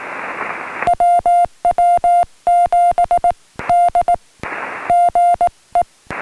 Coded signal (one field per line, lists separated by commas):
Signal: Morse code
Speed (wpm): 18 wpm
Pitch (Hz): 700 Hz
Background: music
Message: WW7D GE